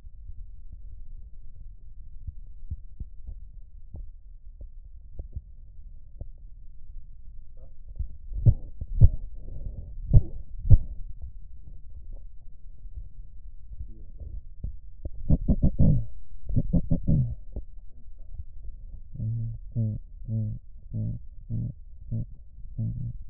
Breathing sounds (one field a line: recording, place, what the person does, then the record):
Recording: lung sounds by stethoscope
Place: right posterior apical chest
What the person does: quiet breathing, then cough and speech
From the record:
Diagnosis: none (healthy)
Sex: male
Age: 23 years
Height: 185 cm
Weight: 93 kg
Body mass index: 27.2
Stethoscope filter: extended mode